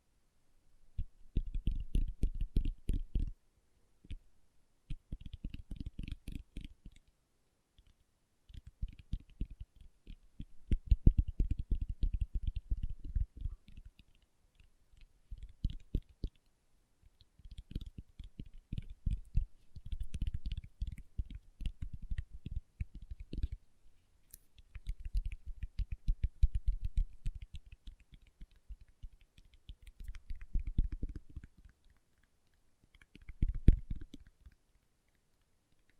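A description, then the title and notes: Fingertips tap in quick bursts of soft, low clicks, each flurry lasting a second or two, separated by brief pauses throughout. ASMR Tapping with Fingertips (No Talking).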